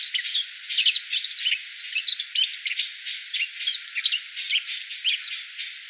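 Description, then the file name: Yellow-throated bunting calls: a dense, continuous twitter of many short high chips and ticks without pause. Recorded on 7 January 2018. "miyamahojiro S 180107 01"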